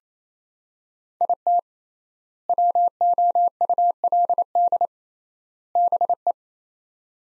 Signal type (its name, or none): Morse code